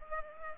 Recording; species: mosquito wingbeat signal from an infrared sensor; Culex pipiens